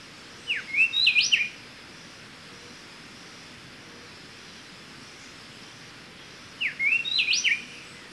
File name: Pheugopedius sclateri - Speckle-breasted Wren